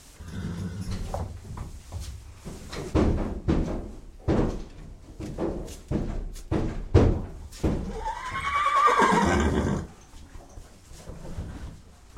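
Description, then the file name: Horse giving a loud whinny late, after a run of sharp thumps and knocks. Horse, restless, in a stable. "Sound Ideas 2000 Series. Horse Restless In Stable"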